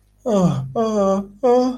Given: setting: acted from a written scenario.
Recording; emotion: vocal sound without words; sympathy